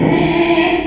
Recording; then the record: squeal of a Yucatan mini pig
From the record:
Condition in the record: after surgery on the right vocal fold (resection and tissue-engineered implant); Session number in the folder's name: 2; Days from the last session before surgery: 13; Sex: male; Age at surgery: 12 weeks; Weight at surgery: 13 kg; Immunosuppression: cyclosporine, prednisolone